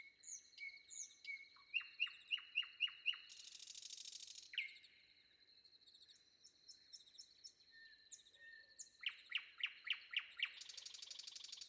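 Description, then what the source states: Nightingale singing a series of repeated notes, then a buzzy burst. A quieter stretch with mixed chirps follows, and a second run of repeated notes ends in another buzzy burst. Sung before dawn.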